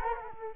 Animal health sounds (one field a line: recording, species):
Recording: mosquito wingbeat signal from an infrared sensor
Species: Culex quinquefasciatus